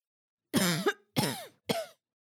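Three coughs from an adult, in quick succession.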